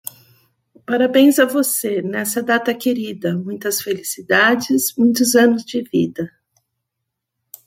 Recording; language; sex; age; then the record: short text; Brazilian Portuguese; female; 50 to 59 years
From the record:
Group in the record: control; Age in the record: 58 years